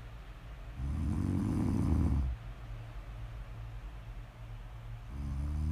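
Snoring from a sleeping adult woman: loud, low-pitched inspiratory snores with a rattling, vibratory quality, separated by quieter breathing.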